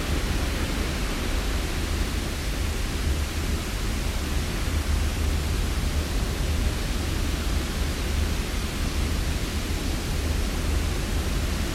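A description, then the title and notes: Blue noise with fan- and wind-like sounds hisses steadily throughout, a dense unchanging wash with a strong low rumble underneath. Deep Blue Noise for Sleep. In this sleepscape, we have blended blue noise with natural sounds like fans and wind to make a "warmer" sound.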